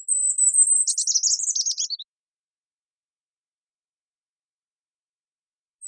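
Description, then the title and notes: Golden-crowned kinglet song: a thin, very high series of notes that drops into a fast, jumbled, tumbling chatter lasting about a second, then silence until a brief high note at the end. Recorded on Olympic Peninsula, North America, where resident, in June 2021; boreal forest species; sounds like a tiny creature maniacally laughing; clean-processed with all background sound and noise removed. "Golden-crowned Kinglet. I happened to record this little fellow on the Olympic Peninsula where they are resident in June of 2021"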